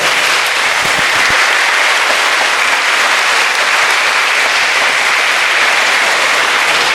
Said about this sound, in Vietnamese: Một lần nữa con xin chân thành giới thiệu với cha đây các thiếu nhi của giáo xứ Kẻ Sạt chúng con. Xin các thiếu nhi chúng con cho một tràng vỗ tay thật lớn.